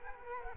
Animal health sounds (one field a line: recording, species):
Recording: mosquito wingbeat signal from an infrared sensor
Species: Culex quinquefasciatus